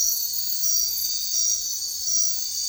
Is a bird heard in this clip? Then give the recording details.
no. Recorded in secondary vegetation near Puerto Asís, Putumayo, Colombia, on 9 March 2025 at 04:00. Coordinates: 0.499, -76.323. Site G094